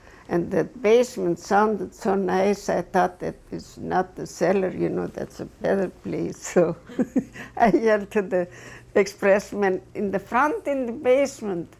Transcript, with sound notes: And the basement sounded so nice I thought that's not the cellar, you know, that's a better place, so, (she laughs) I yelled to the expressman, "In the front in the basement."